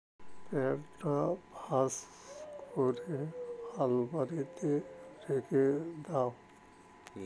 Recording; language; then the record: elicited speech; Bengali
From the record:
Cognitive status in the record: dementia